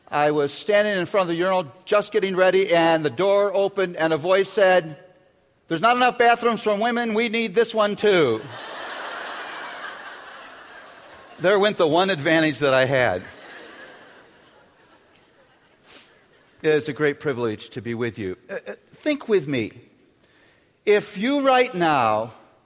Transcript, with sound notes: I was standing in front of the urinal just getting ready, and the door opened and a voice said, "There's not enough bathrooms for the women, we need this one, too." There went the one advantage that I had. (laughter) It is a great privilege to be with you. Think with me—if you, right now,